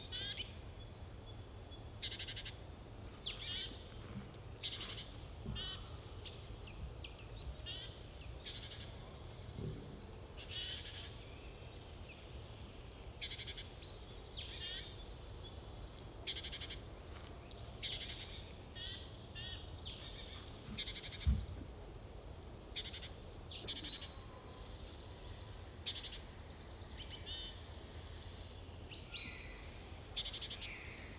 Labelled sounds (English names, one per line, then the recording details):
Great Tit
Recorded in the wild
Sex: male
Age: adult
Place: Halle (Westfalen), OT Tatenhausen, Nordrhein-Westfalen, DE
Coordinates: 52.0439, 8.325
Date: 1972-03-25
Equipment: Uher 4200 Report Stereo, Bändchenmikro Beyer M 260, Parabolspiegel Polyester (600 mm)
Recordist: Conrads, Klaus